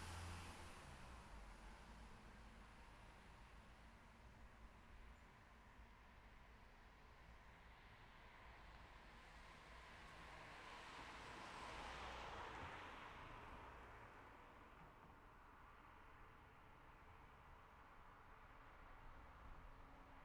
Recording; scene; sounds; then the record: everyday scene through a hearing-aid microphone; in traffic; traffic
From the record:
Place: city secondary road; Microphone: behind the ear, left, rear